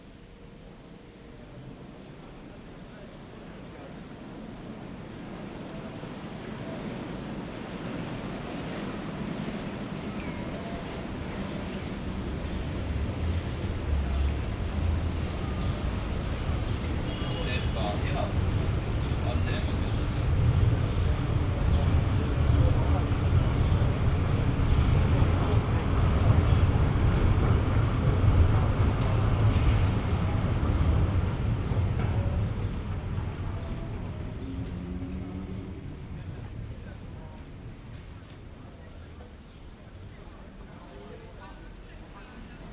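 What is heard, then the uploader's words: A city soundscape in Geneva where a low vehicle rumble swells around twenty-five seconds, then fades, with murmured voices behind. Generative soundscape based on a two-dimensional random walk between four binaural soundscapes recorded at different locations in Geneva.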